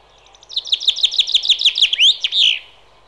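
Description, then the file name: Common chaffinch delivering one complete song: a quick series of chipping notes, finishing with an emphatic flourish over faint background noise. "Buchfink"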